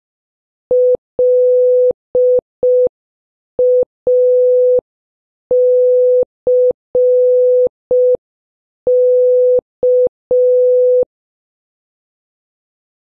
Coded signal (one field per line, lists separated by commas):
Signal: Morse code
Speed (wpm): 5 wpm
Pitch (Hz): 500 Hz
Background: none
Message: LACK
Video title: 6. Practice Morse Code Words with Sound - A to N (Increasing speed) (Must Watch previous videos)